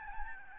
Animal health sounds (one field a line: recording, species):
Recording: mosquito wingbeat signal from an infrared sensor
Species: Aedes albopictus